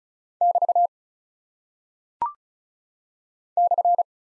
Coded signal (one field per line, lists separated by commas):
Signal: Morse code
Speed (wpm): 36 wpm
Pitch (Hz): 700 Hz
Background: none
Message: <BT> /